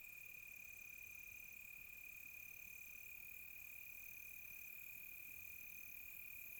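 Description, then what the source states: Crickets: one constant high trill plus a higher note pulsing in bursts of about one and a half seconds, repeated regularly throughout. Crickets recorded close by on a quiet tropical night.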